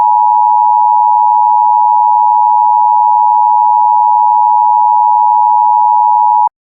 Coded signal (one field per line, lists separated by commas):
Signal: Emergency Alert System (SAME) tones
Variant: 853 and 960 Hz attention tone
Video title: C&C EAS Scenario - Part One: The Arrival